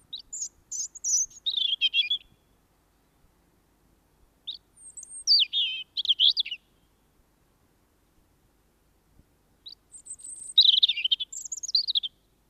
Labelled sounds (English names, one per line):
European Robin song